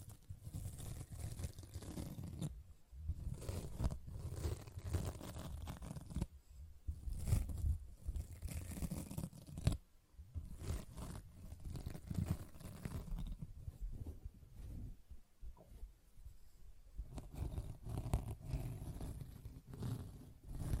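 A sponge is rubbed and squished in continuous rough, scratchy strokes, with a low gritty rumble under most of the motion. Short gaps break the sound near 3, 6.5, 10 and 15 seconds before the scraping resumes at a similar steady level.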